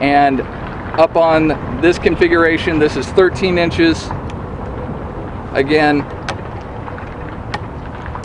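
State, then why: Not seated. Someone talks while reconfiguring a small camera tripod with a ball head into its 13-inch setup, working the tripod leg/head joint into the tripod base. After the talk, a series of sharp clicks and knocks comes from the handling. The clip ends just before the joint locks into place, so nothing has seated or clicked home yet.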